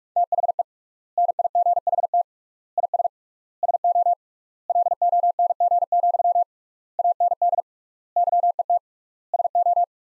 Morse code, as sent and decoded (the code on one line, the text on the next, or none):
- .... . / -. .. --. .... - / .. ... / ... --- / .-.. --- -. --. --..-- / .- -. -.. / -.-- . - / ... ---
THE NIGHT IS SO LONG, AND YET SO